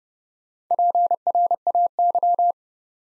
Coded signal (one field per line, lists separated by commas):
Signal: Morse code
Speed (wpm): 31 wpm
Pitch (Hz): 700 Hz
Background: none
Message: PRAY